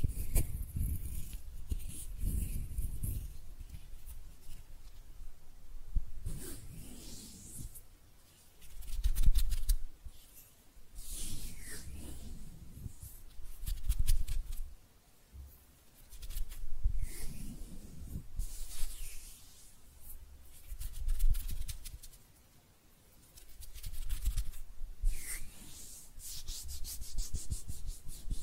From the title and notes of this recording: ASMR Relaxing Hand Sounds (No Talking).